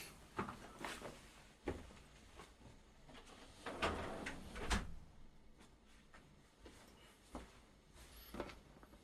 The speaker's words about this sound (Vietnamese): Đợi một chút mình đóng cửa cái.